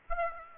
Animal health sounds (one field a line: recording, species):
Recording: mosquito wingbeat signal from an infrared sensor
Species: Aedes aegypti